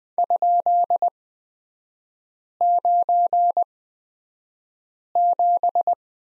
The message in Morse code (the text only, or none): ?97